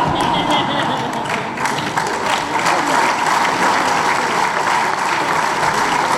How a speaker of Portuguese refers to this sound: Gosto das palmas, mas preferia que vocês se inscrevessem nas disciplinas.